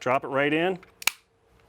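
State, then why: Seated. A steel slide stop lever is dropped into its hole in a CZ P07 pistol frame with the slide installed. Someone talks, then sharp metallic clicks at 1.0 s and 1.1 s mark the slide stop popping into place, seated and ready to go.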